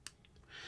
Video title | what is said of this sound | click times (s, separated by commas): AirPods Pro Unboxing, Setup, and Overview | if you want to swap out the tips you can do that you just pop these off like this and they just click in place | 0.1 s